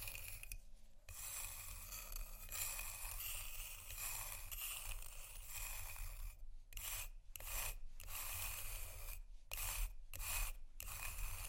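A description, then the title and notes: Ice is scratched in a near-continuous raspy rubbing, broken by brief silent gaps around six to eleven seconds, with a low steady rumble underneath. Ice Scratch & Tap. No Talking.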